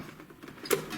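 A plastic cover clipped onto a Linky electricity meter housing is prised open, which is hard because it is clipped on. Faint scraping and small taps lead up to a sharp, loud snap at 0.7 s as the clip lets go and the cover pops open.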